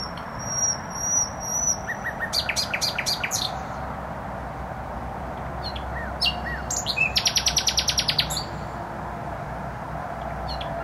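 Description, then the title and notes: Nightingale song: a thin high whistle, harsh buzzy bursts, then a fast rattling trill of about a dozen notes, over a steady roar of traffic. Singing in bushes close to a noisy motorway, Trasa Toruńska, Bródno-Podgrodzie, Warsaw, Poland; recorded with an Olympus LS-11. "Bródno-Podgrodzie, Warszawa, Polska - Trasa Toruńska Nightingale. Recording nightingale singing in bushes close to noisy motorway"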